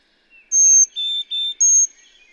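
Bird song phrase of four clear whistled notes, a high pure tone followed by two lower steady notes and another high whistle, crisp and evenly spaced.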